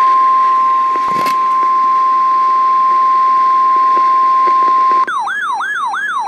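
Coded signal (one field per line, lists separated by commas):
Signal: Emergency Alert System (SAME) tones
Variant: 1050 Hz attention tone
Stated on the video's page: Tornado warning SAME alert received from NOAA Weather Radio.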